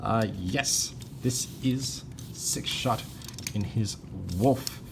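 Someone talks while handling a plastic transforming robot action figure in wolf mode, pushing its plastic leg joints toward the body so they lock into place. Only speech and faint handling noise are heard. Nothing has seated or clicked yet.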